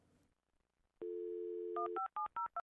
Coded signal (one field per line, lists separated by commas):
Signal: DTMF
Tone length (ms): 120 ms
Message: 15702